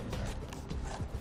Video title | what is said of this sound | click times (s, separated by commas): etrailer - 2015 Chevrolet Equinox Yakima RidgeLine Roof Rack for Flush Rails: Complete Installation | again we're gonna listen for that audible click in our tool that's how we know it's properly torqued down | 0.5 s